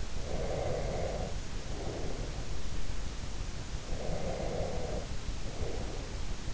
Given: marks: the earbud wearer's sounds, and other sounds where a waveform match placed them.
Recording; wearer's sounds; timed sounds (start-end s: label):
sounds in sleep by an in-ear microphone; breath
0.12-2.46 s: breath
3.80-6.18 s: breath